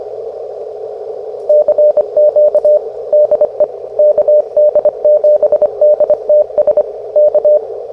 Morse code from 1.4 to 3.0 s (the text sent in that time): CQ